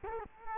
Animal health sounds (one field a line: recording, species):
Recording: mosquito wingbeat signal from an infrared sensor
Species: Culex quinquefasciatus